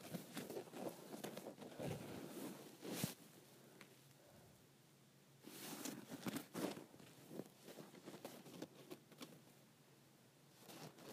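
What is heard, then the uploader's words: Scraping the cord comes in rough, irregular bursts, busiest in the first three seconds and again from about five and a half to seven seconds, with sharp bright scratches near three and six seconds. Between bursts a quieter, steady rasping continues, picking up near the end. ASMR Scraping the Cord of my iPhone Charger.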